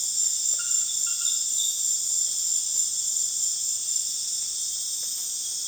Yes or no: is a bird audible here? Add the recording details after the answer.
no. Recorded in dense forest near Puerto Asís, Putumayo, Colombia, on 25 June 2025 at 19:00. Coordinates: 0.484, -76.325. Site H65